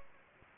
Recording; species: mosquito wingbeat signal from an infrared sensor; Anopheles gambiae